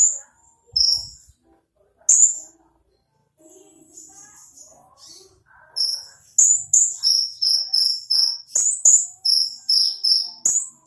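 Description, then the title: Small bird calls: two loud high chirps, a quieter gap, then a rapid series of bright notes over the last few seconds. "Burung Kecil"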